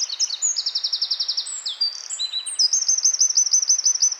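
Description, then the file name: Eurasian wren song, a vigorous run of high trills and piercing notes, two distinct rattling trills with brief slurred notes between them. "Troglodytes troglodytes"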